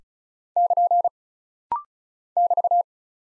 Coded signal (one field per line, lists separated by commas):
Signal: Morse code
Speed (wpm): 36 wpm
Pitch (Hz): 700 Hz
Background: none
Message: <KN> <BT>